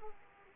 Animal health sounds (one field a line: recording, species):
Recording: mosquito wingbeat signal from an infrared sensor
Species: Aedes aegypti